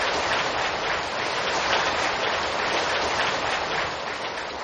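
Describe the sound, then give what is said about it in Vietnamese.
A large audience at a Buddhist ceremony applauds steadily and loudly, a dense, even wash of many hands clapping that holds without pause for nearly five seconds, with no voices heard. “Xin đề nghị đạo tràng chúng ta chúng ta một tràng pháo tay thật dài và lớn.”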